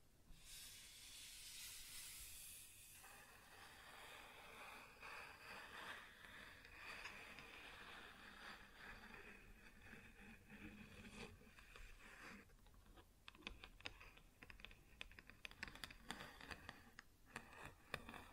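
Hissy scratching across a wood surface, loudest in the first few seconds, then rougher rubbing, with sharp irregular taps clustering over the last six seconds.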